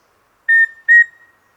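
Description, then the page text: Rufous-breasted antthrush song: a steady whistled note followed by a second, slightly longer one at the same pitch, then quiet. "Andrew Spencer - Рыжегрудая питтоподобная муравьеловка (Formicarius rufipectus)"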